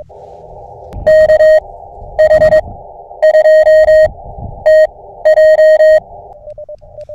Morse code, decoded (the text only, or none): KH2TJ